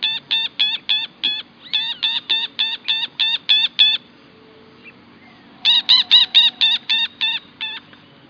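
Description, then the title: Wattled jacana giving rapid series of harsh, rattling notes in several bursts, the longest pause nearly two seconds. Nominate subspecies Jacana jacana jacana. "LuckyPassaro Completos2Sama. Wattled Jacana"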